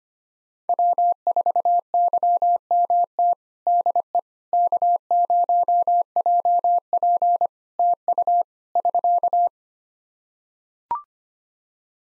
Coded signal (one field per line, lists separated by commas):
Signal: Morse code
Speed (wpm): 25 wpm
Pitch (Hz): 700 Hz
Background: none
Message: W4YMT DE K0JP TU <SK>